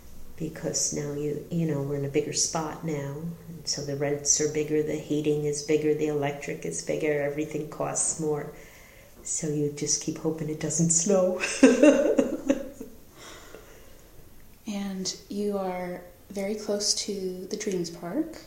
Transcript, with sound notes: because we're in a bigger spot now, so the rents are bigger, the heating is bigger, the electric is bigger, everything costs more, so you just keep hoping it doesn't snow [laughter]
You are very close to the Dreams Park...